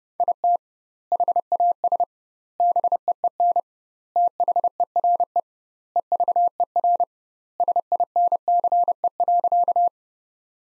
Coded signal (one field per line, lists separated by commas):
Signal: Morse code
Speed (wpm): 30 wpm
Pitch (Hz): 700 Hz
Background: none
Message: IT HAS BEEN THERE EVER SINCE.